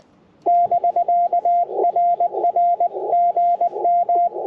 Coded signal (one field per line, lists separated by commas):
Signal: Morse code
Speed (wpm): 19 wpm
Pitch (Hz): 700 Hz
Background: none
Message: <BK>RRGM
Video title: Icom IC-705 First Impressions - QRP CW POTA 9/24/23 @ Tuskegee National Forest (K-4451)